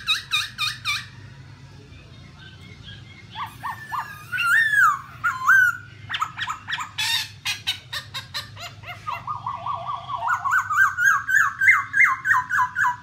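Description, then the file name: Black-throated laughingthrush song of sharp chattering notes and looping whistles, ending in a long series of rapid rising whistled phrases that climb steadily in pitch. "tieng khuou bac ma hot"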